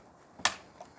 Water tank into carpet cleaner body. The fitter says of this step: water tank click